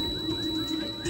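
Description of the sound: A steady, thin high-pitched ringing tone runs throughout, over a muffled low hum and faint sweeping chirps. It is a TV drama's simulation of tinnitus after an IED explosion very close to the head: intermittent ringing in the ear coming in and out over the following minutes after the loud noise exposure.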